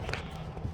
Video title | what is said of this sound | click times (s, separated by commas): X166 GL/ML Oil Change and Cabin Filter Replacement | hold that and you hear the click and boom | 0.1 s